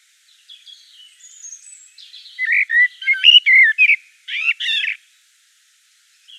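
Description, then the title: Common blackbird singing: soft high twitters lead into a loud, rich run of fluty warbled notes, then a short squeaky flourish. Recorded in Provence. "Sylvain Jaskowiak - Mes piafs. Merle noir en Provence"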